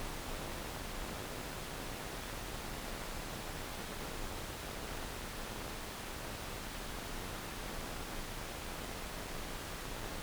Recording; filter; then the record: brain microelectrode recording played as sound; wide band, above 20 Hz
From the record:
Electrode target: subthalamic nucleus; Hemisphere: left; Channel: 2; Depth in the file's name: 0.251 mm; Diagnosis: Parkinson's disease